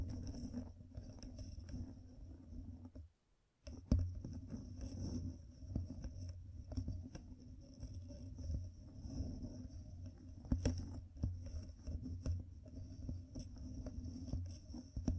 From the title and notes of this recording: ASMR Gem Covered Fingertips Tapping and Scratching (No Talking).